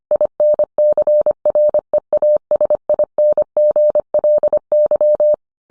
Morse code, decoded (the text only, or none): INCREASINGLY